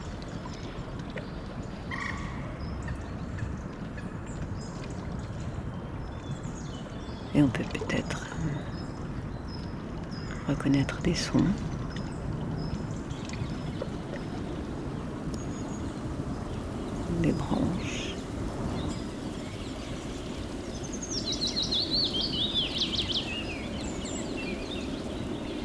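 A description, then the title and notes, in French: Ambience at the Trou aux Gants pond in the Meudon forest, carried by a steady low rumble throughout. Brief rustling bursts stand out around 7, 11 and 17 seconds, with faint bird calls scattered, and a run of falling, bright chirps near 21–24 seconds. Juste à l'aube, une ouverture vers l'intérieur du monde, qui est tout sauf hermétique aux bruits des terriens jusque dans le ciel. Conversation avec l'étang du Trou aux Gants et ses proches, en forêt de Meudon.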